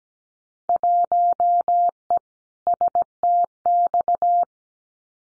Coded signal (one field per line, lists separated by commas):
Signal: Morse code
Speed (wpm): 17 wpm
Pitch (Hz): 700 Hz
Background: none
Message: 1E STX